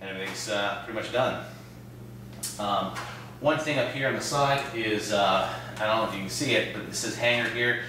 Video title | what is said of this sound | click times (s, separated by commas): Thermaltake Level 10GT LCS Review.wmv | was installed simply drive the slush structure back in snaps into place and | 2.4 s